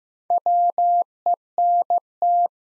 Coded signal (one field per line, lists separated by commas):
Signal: Morse code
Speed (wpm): 15 wpm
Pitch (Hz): 700 Hz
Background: none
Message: WENT